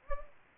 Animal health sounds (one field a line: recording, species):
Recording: mosquito wingbeat signal from an infrared sensor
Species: Anopheles gambiae